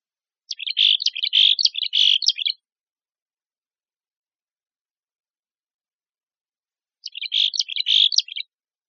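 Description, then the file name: Mexican Chickadee calls in two bursts of harsh, buzzy chick-a-dee notes, about two and one and a half seconds long, separated by a long silence. "MECH Deviche"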